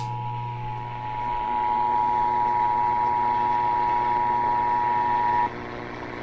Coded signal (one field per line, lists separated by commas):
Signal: Emergency Alert System (SAME) tones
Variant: 853 and 960 Hz attention tone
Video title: EAS #284 & 285- Tennessee Required Monthly Test on WLAC and WSM